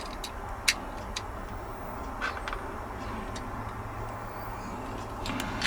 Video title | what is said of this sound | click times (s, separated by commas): Corgi 302 Hillman Hunter Restoration | he's got to click into place this is | 0.7 s